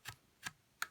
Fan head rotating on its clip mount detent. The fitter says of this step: like so it has to lock into one of these notches so you can't have it in between them or else